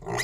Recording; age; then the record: pig call; weaner (32 to 43 days)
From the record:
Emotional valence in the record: negative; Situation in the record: short isolation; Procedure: open field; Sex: female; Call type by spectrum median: low-frequency call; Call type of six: mixed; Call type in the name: high-frequency modulated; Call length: 0.24 s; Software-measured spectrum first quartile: 503 Hz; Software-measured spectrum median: 1582 Hz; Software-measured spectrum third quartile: 3155 Hz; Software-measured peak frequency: 1959 Hz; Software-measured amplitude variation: 150 dB a second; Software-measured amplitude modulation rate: 27.3 a second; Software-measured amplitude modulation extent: 5.5 dB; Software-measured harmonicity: 0.5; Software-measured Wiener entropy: -2.86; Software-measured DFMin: 880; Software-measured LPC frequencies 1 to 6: 659, 1962, 3950, 4949, 5839, 6475 Hz